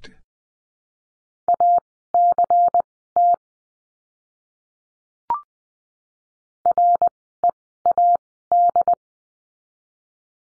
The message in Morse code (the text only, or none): ACT READ